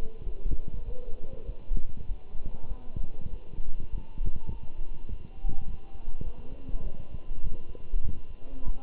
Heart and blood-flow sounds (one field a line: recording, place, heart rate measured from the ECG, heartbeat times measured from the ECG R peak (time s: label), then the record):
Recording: heart sounds by stethoscope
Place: between the tricuspid and mitral areas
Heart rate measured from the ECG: 100 bpm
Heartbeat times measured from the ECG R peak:
0.25 s: heartbeat
0.86 s: heartbeat
1.46 s: heartbeat
2.08 s: heartbeat
2.69 s: heartbeat
3.31 s: heartbeat
3.92 s: heartbeat
4.51 s: heartbeat
5.10 s: heartbeat
5.68 s: heartbeat
6.25 s: heartbeat
6.83 s: heartbeat
7.43 s: heartbeat
8.03 s: heartbeat
8.65 s: heartbeat
From the record:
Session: walking at 3.7 km/h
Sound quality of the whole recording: good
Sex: male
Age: 24 years